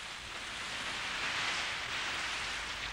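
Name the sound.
sudden rain shower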